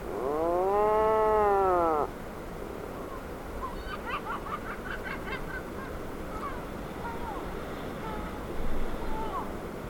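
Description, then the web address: Atlantic puffin call: a loud, arched harmonic groan lasting about two seconds, followed by softer scattered notes over steady background noise. "sound Atlantic-puffin. صدای-پرنده-پافین-اطلس"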